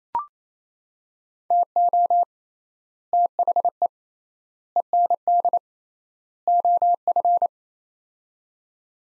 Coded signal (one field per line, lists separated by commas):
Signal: Morse code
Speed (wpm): 28 wpm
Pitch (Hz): 700 Hz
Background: none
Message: TO THE END OF